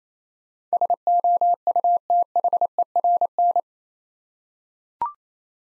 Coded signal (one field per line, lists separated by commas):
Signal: Morse code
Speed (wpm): 28 wpm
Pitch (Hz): 700 Hz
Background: none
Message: SOUTHERN